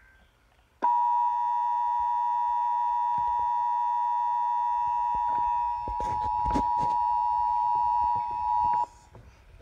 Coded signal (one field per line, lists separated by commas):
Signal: Emergency Alert System (SAME) tones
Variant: 853 and 960 Hz attention tone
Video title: EAS #256 Severe Thunderstorm Watch